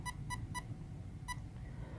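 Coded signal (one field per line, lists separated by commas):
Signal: beep code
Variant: Castle Creations speed controller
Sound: four short buzzy beeps, three quick then one after a pause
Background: low room noise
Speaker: four beeps is the drag brake the option one is the default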